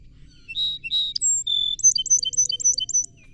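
Song sparrow song of two introductory notes, a thin high whistle, a steady lower note, then a fast, even trill of alternating high and low notes.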